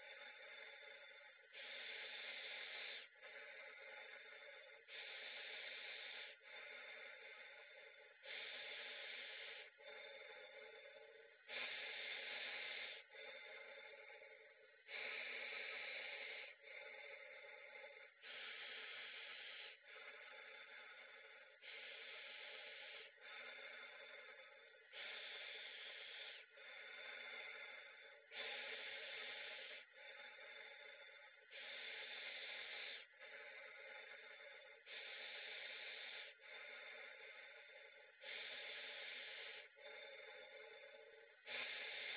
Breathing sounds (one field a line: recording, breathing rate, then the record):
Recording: paced breathing near a phone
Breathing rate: 18 breaths a minute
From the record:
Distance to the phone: 40 cm